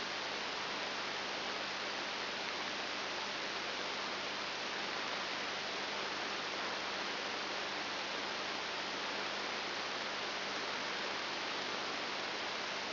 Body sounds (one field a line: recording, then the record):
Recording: brain microelectrode recording played as sound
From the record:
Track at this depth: inside the subthalamic nucleus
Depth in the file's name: 5.701 mm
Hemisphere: left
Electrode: 3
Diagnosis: Parkinson's disease